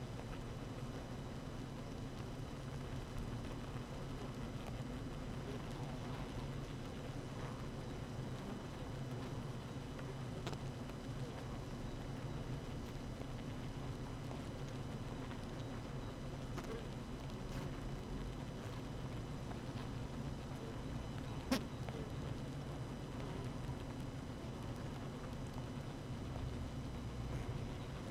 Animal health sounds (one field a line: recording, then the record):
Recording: honeybee colony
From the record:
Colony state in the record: active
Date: 12 June 2018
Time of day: 6:49